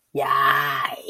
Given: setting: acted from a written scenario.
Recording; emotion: vocal sound without words; disgust